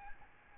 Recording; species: mosquito wingbeat signal from an infrared sensor; Aedes albopictus